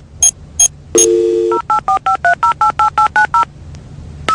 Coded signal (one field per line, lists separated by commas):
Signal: DTMF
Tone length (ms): 110 ms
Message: 08453088890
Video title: Dial Up Internet Sound ( Funny)